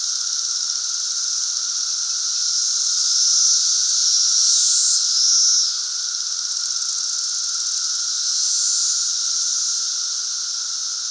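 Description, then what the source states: Periodical cicada chorus, an unbroken high-pitched roar over a steady lower hum, gently rising and falling in intensity. Great Southern Brood cicada emergence in 2024.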